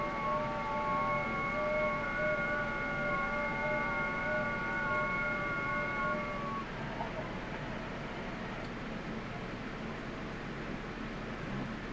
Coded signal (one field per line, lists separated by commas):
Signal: FT8